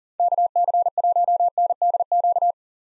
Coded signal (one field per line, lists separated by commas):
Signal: Morse code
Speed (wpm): 40 wpm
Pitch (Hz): 700 Hz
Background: none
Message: KC1NDQ